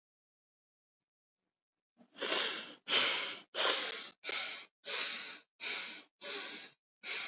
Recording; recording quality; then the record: shallow breathing; excellent, no background noise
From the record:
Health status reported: healthy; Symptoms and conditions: none ticked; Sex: male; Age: 25 years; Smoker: not ticked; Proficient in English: yes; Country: India